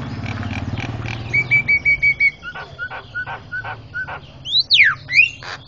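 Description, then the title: Javan myna mixing short repeated whistled notes with harsh rasps, ending in sharp rising and falling whistles, over a low background rumble. Noisy Javan myna calls used as master recording for training cage birds. "Jalak Kebo Master Suara Super Berisik Buat Masteran"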